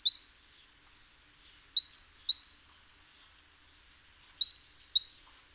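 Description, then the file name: Great tit song with crisp descending two-note motifs, given singly and in pairs with gaps of about a second or more between groups. "Parus major"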